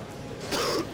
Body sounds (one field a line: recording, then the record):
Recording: coughing mixed with background sound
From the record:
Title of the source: Coughing 60